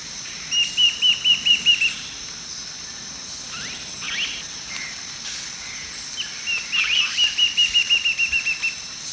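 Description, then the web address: Lineated woodcreeper song, two runs of quick, evenly spaced whistled notes, about seven and then about twelve, each run lasting over a second, with a steady high insect drone throughout. Eastern lowlands of South America. "Natures Songs S America Eastern Lowlands Lineated Woodcreeper"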